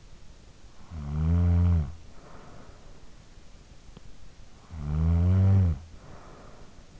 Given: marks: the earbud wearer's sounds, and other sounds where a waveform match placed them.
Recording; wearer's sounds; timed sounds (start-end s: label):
sounds in sleep by an in-ear microphone; snoring breath
0.36-3.09 s: snoring breath
4.22-7.00 s: snoring breath